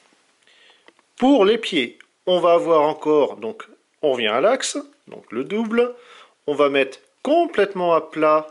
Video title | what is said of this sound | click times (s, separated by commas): Review FR - Transformers Masterpiece - MP-20 Wheeljack | jusqu'au petit clic qui sert de verrouillage. | 0.9 s